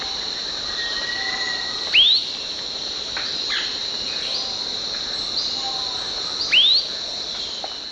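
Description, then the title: Bird song: a sharp rising whistled note near two seconds and another near six and a half, with a thin steady whistle, over a constant high cricket-like buzz. "LuckyPassaro Completos2Sama"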